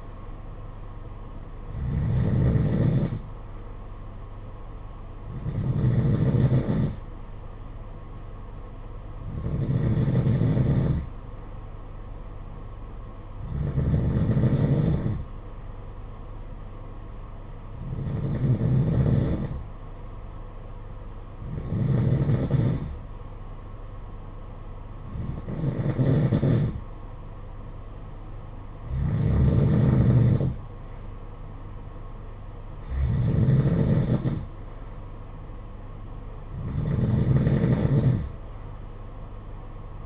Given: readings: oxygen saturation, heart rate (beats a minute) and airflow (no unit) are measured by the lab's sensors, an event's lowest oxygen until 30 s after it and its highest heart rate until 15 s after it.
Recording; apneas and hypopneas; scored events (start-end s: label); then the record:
breathing in sleep by a smartphone at the bedside; none
none scored
From the record:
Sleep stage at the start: N2 (light sleep); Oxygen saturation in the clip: 90 to 93%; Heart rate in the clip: 53 to 59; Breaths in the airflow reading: 10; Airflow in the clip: -8.9 to 5.5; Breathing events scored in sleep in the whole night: 476 in 9.7 hours asleep